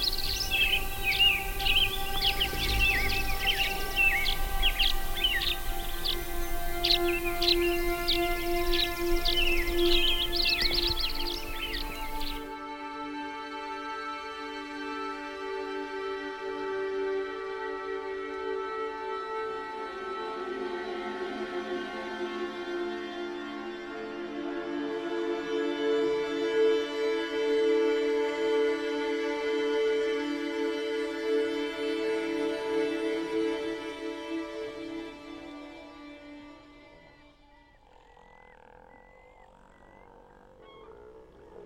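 Dense, rapid bird chirping rides over slow, smeared music for the first twelve seconds, then cuts off abruptly. Only the stretched, backwards-sounding music remains, layered held tones that swell through the middle before thinning out and fading near the end.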